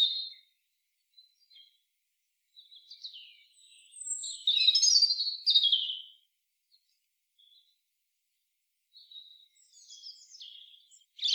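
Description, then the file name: European robin song: quiet high notes building into a louder jumble of fast trills and thin whistles, a pause, then another soft twittering phrase; clean background. "Erithacus rubecula"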